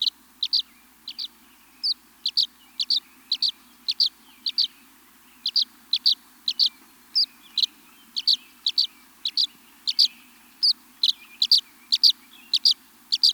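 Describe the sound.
Violet-green swallow calls: a long series of brief high chirps, about two to three per second, over a faint low hum.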